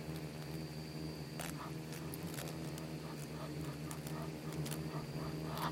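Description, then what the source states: Insects buzzing together in a steady low hum with overtones, mixed with quick ticking clicks and light pattering sounds. Bugs and beetles swarming in the Namib desert, one of the micro-sounds of its soundscape.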